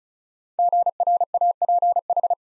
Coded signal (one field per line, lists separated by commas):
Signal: Morse code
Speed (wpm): 36 wpm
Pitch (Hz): 700 Hz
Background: none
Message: GRAPH